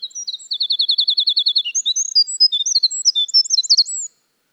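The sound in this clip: Winter wren song: a long, rapid, high tinkling run of notes with a steady trill near the start, then jumbled twittering phrases, ending abruptly after about four seconds.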